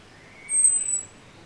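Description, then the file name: Common blackbird giving a single thin, high, drawn-out whistle that holds one pitch for about half a second, over a faint steady background hiss. "Turdus merula"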